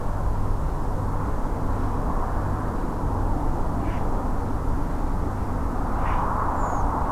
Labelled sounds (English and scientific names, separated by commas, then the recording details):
Redwing (Turdus iliacus)
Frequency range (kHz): Redwing (Turdus iliacus) 6.0-7.6 kHz
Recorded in France